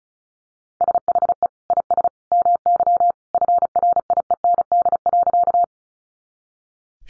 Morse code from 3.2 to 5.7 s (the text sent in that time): FRIEND.